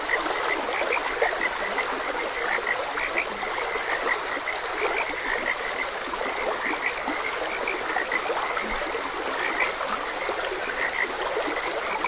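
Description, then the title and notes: Continuous frog croaking, countless brief notes overlapping, with constant trickling water throughout. Frogs croaking beside a gentle stream. "Gentle Stream and Frogs Croaking - Calming Sounds of Nature. Sleep and Relaxation Podcast"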